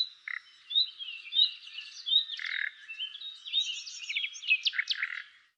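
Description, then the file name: Common nightingale singing a rich jumble of whistled notes, trills and clicking phrases. "Luscinia megarhynchos"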